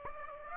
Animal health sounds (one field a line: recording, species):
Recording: mosquito wingbeat signal from an infrared sensor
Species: Aedes aegypti